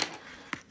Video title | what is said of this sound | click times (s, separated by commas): DIY- How to replace a watchband & resize / remove watchband links (all different watch styles) | and then just push it in there till it clicks in same idea | 0.5 s